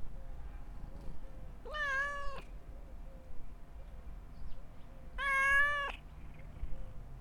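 Cat meowing twice, each meow level and harmonic-rich, about three seconds apart, with faint low noise.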